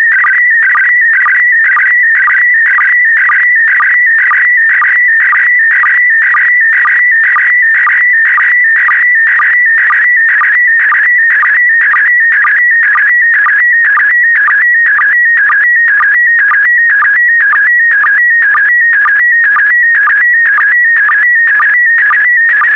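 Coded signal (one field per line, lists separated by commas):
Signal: SSTV (slow-scan television)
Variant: PD120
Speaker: Five, four, three, two, one. Transmission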